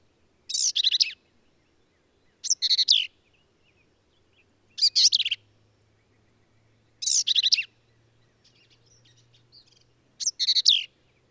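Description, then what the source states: Black-capped vireo song: five brief scratchy, jumbled phrases repeated roughly every two to three seconds over a faint low hum. Male, one individual, singing at Kerr Wildlife Management Area, Hunt, Texas hill country; endangered species; phrases sung alone, truncated, embellished or run together in a lively, emphatic performance.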